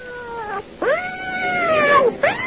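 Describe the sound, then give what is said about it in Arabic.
A strange black cat yowls in drawn-out, wavering meows: a short cry, then a long loud wail that bends up and slowly down, and a third cry starting right after. “اعوذ بالله، ايه القطر ده؟ قطر اسود غريب.”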